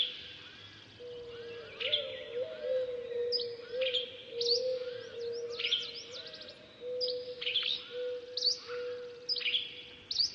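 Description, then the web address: Lively bird chirps, twitters and downslurred notes in irregular bursts, with a wavering low tone beneath. "funny birds"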